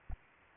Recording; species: mosquito wingbeat signal from an infrared sensor; Aedes aegypti